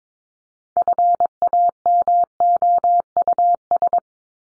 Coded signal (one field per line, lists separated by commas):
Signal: Morse code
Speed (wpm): 22 wpm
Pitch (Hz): 700 Hz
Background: none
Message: FAMOUS